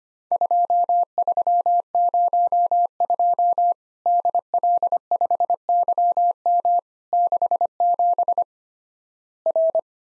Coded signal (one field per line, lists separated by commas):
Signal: Morse code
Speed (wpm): 25 wpm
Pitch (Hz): 700 Hz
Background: none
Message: 2302 DL5YM 67 R